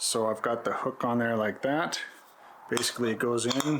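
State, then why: Not seated. A small metal bed-frame hook mounted on a wooden test piece, standing in for the front cover of a jersey box, is handled and lined up with its slot on the wooden box edge while someone talks. Nothing has seated or clicked yet.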